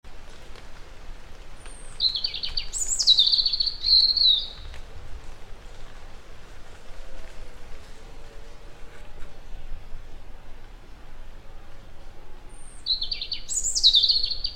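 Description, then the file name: European robin giving two separate high, thin, warbling song phrases well apart, over background hiss. "Erithacus rubecula"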